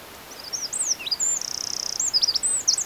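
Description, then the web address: Eurasian wren singing a quick run of high sliding whistles, then a rapid rattling trill, then several sharp high chirps to the end; low steady hiss behind. "SETE data Troglodytes troglodytes"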